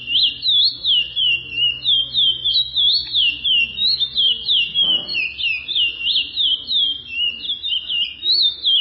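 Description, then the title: Chestnut-bellied seed finch song: rapid chain of sweet whistled slurs swinging up and down, steady and unbroken, with a brief dull knock midway. "Canto De Curio"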